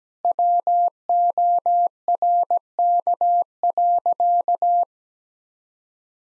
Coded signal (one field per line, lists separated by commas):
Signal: Morse code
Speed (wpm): 17 wpm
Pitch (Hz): 700 Hz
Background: none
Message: WORK.